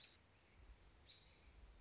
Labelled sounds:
American Robin
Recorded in Sonoma County, California

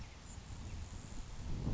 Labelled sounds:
Grasshopper Sparrow
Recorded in Sonoma County, California

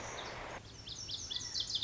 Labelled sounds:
Lazuli Bunting
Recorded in Sonoma County, California

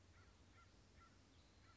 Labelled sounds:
American Crow
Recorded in Sonoma County, California

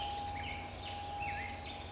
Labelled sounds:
Black-headed Grosbeak
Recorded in Sonoma County, California

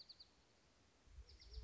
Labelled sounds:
Dark-eyed Junco
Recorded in Sonoma County, California

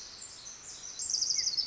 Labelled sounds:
Pacific Wren
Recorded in Sonoma County, California

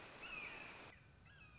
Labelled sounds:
Red-shouldered Hawk
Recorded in Sonoma County, California

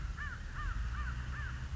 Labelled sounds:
American Crow
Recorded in Sonoma County, California

